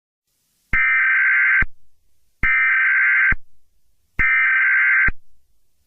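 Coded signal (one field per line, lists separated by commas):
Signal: Emergency Alert System (SAME) tones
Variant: header bursts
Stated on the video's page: Fictional EAS scenario.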